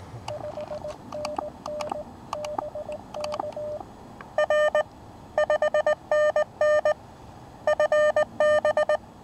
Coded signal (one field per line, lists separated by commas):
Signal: Morse code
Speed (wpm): 18 wpm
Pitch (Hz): 590 Hz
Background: none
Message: 5NN BK R 5NN FB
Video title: KX3 activates Little SI for Summits on the Air - SOTA